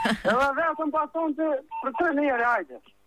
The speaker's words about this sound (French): on pense à du morse, mais on n'est pas sûr. Bah, il y a le bip bip bip bip bip bip derrière qui aide.